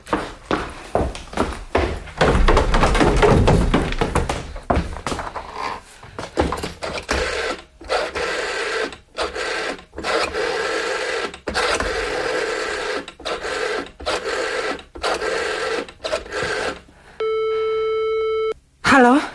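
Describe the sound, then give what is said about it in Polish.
A telephone is dialed to get an ambulance called, with bursts of rapid mechanical clicking and whirring, followed near the end by a steady, buzzing ring tone that holds briefly before stopping. “Niech pani dzwoni do Madejskich, żeby wezwali karetkę. Notes jest na dole obok telefonu.”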